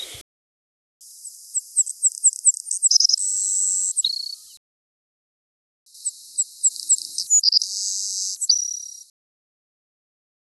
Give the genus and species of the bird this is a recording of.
Passerculus sandwichensis